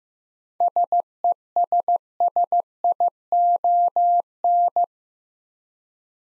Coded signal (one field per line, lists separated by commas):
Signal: Morse code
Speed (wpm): 15 wpm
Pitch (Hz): 700 Hz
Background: none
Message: SESSION